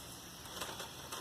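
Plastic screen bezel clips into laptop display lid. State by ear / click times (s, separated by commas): not seated / none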